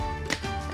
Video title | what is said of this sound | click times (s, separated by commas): Best Baby Stroller 2020 - 2021 Medium Size Stroller Comparison - Latest Stroller Trends - MacroBaby | it clicks right in and it has a super cool lock system right here on the wheels now | 0.3 s